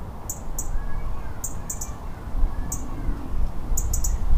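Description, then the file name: European Robin calling with brief, high, sharp ticks, often doubled, repeated irregularly over a loud low-frequency rumble. "Erithacus rubecula - European Robin"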